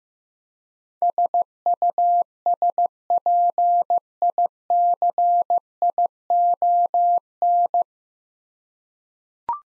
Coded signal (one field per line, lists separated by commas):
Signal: Morse code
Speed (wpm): 15 wpm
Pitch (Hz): 700 Hz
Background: none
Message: SUSPICION